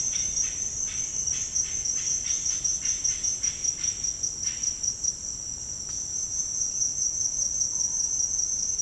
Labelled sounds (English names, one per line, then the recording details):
Yellow-rumped Cacique
Russet-backed Oropendola
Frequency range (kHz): Yellow-rumped Cacique 0.9-4.8 kHz; Russet-backed Oropendola 0.3-1.7 kHz
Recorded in dense forest near Puerto Asís, Putumayo, Colombia, on 23 June 2025 at 08:00
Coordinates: 0.481, -76.323
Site G072